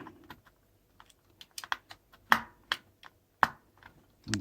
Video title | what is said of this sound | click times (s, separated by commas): Electric Toy Car Repair Part 4 | kind of hear them snapping in place so | 2.3 s, 2.7 s, 3.4 s